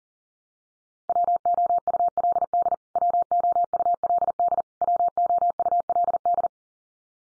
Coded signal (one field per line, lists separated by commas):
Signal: Morse code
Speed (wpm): 40 wpm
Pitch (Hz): 700 Hz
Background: none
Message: WOULD WOULD WOULD